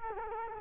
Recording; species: mosquito wingbeat signal from an infrared sensor; Culex quinquefasciatus